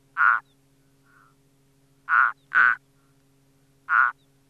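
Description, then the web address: Frog giving four short, rasping croaks, the middle two close together, against a faint steady hum. "Frog Frog Turtle"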